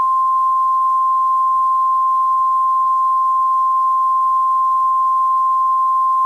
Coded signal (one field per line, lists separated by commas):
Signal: Emergency Alert System (SAME) tones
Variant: 853 and 960 Hz attention tone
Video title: Eas scenario, World War III part 1